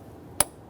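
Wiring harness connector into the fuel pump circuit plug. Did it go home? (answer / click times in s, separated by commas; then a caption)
yes / 0.4 s. A plastic wiring harness electrical connector is lined up and pressed into the fuel pump circuit plug in the driver's side rear area of a 2013-2020 Ford Fusion 2.0L L4 during a fuel tank transfer unit replacement. Against a quiet background, a single sharp click sounds at 0.4 s. The connector is seated, with a tug check to follow.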